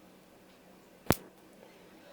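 On an Agora Models scale model of the 007 Aston Martin DB5, the second transverse stabilizer bar arm of the suspension is pushed onto its pin. A single sharp click is heard at 1.1 s over a quiet background. The arm is seated and the stabilizer bar is now fully connected.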